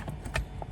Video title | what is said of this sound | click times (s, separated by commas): How to Install Auto-Dimming IRVM in Mahindra SUVs – Step by Step Tutorial #DIY #XUV700 #ScorpioN | match with the locks you will hear the click sound will be very easy to put back | 0.4 s, 0.6 s